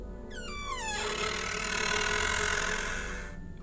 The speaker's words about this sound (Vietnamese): Dứt lời, cánh cửa sổ bỗng dưng kêu lên cót ca cót két. Cái tiếng kêu của cửa sổ vang lên trong bản đêm yên tĩnh, làm cho tôi lạnh cả người.